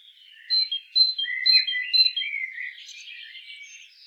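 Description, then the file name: Great tit giving four evenly spaced, thin whistled notes, then a softer stretch of lower, buzzy chattering. "Parus major"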